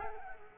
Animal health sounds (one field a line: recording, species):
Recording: mosquito wingbeat signal from an infrared sensor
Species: Culex quinquefasciatus